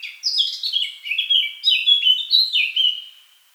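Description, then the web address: Eurasian blackcap song: a steady chain of loud, rich fluty notes before trailing off. "SETE Sylvia atricapilla"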